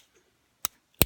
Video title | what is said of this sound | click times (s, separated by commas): COmplete Glock takedown part 2 | you're done hear it click that | 0.6 s, 1.0 s